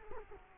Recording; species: mosquito wingbeat signal from an infrared sensor; Culex quinquefasciatus